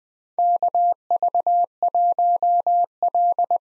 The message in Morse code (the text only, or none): KV1L